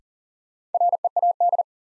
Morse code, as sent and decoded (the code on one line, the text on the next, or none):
.-. . .- -..
READ